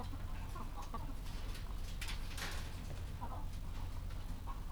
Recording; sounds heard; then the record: poultry house recording; sick chickens (respiratory disease)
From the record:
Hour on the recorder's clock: 14